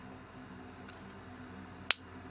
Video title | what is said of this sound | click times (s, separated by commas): Oil on the aperture blades In Nikon Lens Series E 100mm 1:2.8 | one click into place and here | 1.9 s